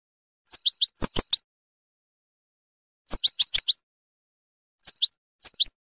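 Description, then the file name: Finch chirps: several short clusters of thin high notes, some mixed with sharp clicking sounds. "sound finch mouth moghom"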